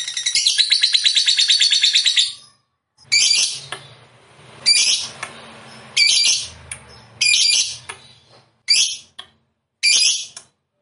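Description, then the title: Lovebird song: a two-second burst of rapid shrill chattering, then six short harsh chatter phrases separated by brief pauses. Lovebird described as 'fighter' and 'gacor'. "Berkat SUARA Lovebird FIGHTER GACOR Ini"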